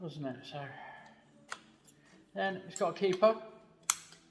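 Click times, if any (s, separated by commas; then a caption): 3.9 s. Someone talks while rebuilding upside-down forks, pressing the metal keeper clip that retains the fork seal into its groove in the fork leg. After a brief tick at 1.5 s and more talk, the clip snaps in with a sharp click at 3.9 s, seating it in place.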